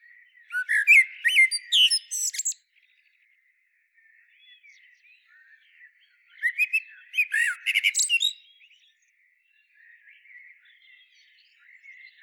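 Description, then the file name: Eurasian blackbird song in two separate phrases, warbled fluty notes mixed with rapid high squeaks, with faint birds chirping in the pauses. "Turdus merula"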